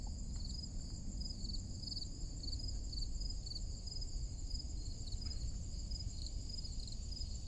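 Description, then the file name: Crickets trilling in bright, evenly pulsed high chirps that run throughout, with a low hum below. Forest clearing on a summer morning. "Crickets in Forrest Clearing on Summer Morning"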